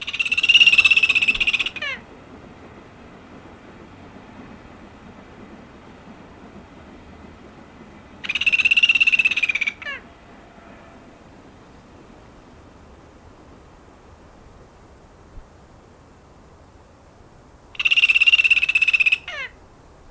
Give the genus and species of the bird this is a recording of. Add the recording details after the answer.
Nestor notabilis. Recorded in captivity. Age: adult. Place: Zoo Berlin, Berlin, DE. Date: 2001-11-28 13:59. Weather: bedeckt, 5°C. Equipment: Marantz CP 130, Sennheiser MKH 416, Kopie Uher 4000 Report Monitor. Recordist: Tembrock, Günter